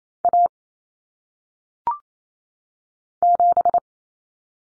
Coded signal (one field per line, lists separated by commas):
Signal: Morse code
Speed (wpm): 28 wpm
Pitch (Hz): 700 Hz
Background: none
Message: A 7